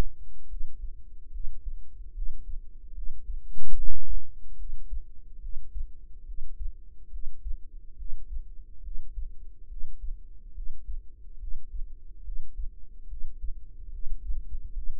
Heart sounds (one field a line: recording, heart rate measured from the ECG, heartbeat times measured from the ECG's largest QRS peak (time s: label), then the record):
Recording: heart sounds by microphone in the right ear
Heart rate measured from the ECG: 72 bpm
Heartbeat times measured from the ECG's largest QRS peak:
0.47 s: heartbeat
1.31 s: heartbeat
2.13 s: heartbeat
2.93 s: heartbeat
3.74 s: heartbeat
4.56 s: heartbeat
5.40 s: heartbeat
6.24 s: heartbeat
7.10 s: heartbeat
7.96 s: heartbeat
8.82 s: heartbeat
9.67 s: heartbeat
10.53 s: heartbeat
11.38 s: heartbeat
12.22 s: heartbeat
13.07 s: heartbeat
13.89 s: heartbeat
14.72 s: heartbeat
From the record:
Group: healthy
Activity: breath hold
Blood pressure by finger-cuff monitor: 97/59 mmHg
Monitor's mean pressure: 72 mmHg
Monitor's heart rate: 72 bpm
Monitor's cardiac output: 6.3 L/min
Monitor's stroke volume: 87 mL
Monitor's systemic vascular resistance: 810 dyn s/cm5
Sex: female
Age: 19 years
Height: 163 cm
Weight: 48.9 kg